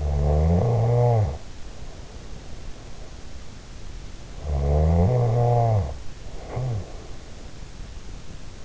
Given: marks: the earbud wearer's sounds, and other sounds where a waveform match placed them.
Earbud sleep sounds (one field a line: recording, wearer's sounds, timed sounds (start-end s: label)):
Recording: sounds in sleep by an in-ear microphone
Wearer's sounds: snoring breath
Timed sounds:
0.00-2.42 s: snoring breath
4.30-7.05 s: snoring breath